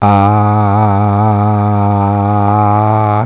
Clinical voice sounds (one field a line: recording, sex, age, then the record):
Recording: sustained vowel /a/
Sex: male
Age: 50 to 59 years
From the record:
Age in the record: 57 years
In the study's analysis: included